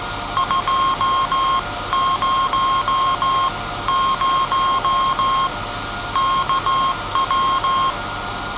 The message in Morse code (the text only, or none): 200 KW